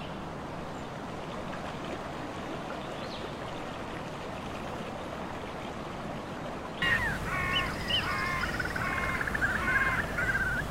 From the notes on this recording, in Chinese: 真实录制的大自然白噪音氛围